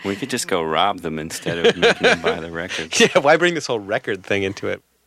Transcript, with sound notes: We could just go rob them instead of making them buy the record.
(Laughter) Yeah. Why bring this whole record thing into it?